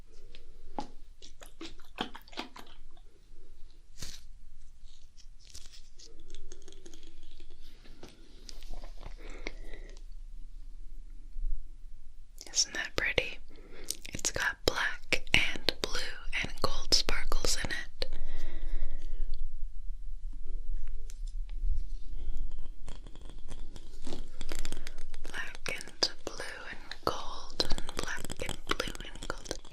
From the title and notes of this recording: ASMR 1 Hour of Pure Ear Attention for SLEEP Ear Cleaning, Brushing, Cupping.